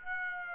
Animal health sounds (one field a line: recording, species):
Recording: mosquito wingbeat signal from an infrared sensor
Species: Aedes aegypti